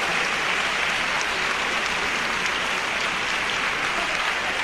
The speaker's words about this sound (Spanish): Gianfranco Marcelletti se ha retirado ahora del podio, pero el público no ha dejado de aplaudir, y nuevamente el Gianfranco Marcelletti regresa al escenario para integrarse al centro de la orquesta